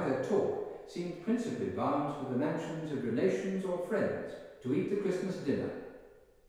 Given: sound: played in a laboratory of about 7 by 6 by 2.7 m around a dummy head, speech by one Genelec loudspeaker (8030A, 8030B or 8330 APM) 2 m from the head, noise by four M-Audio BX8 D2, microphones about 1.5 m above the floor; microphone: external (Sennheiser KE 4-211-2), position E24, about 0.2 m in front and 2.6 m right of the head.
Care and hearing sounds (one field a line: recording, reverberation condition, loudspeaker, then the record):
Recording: male speech in English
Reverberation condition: high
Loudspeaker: 150 degrees to the left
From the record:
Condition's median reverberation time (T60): about 1300 ms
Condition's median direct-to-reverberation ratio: about -4.0 dB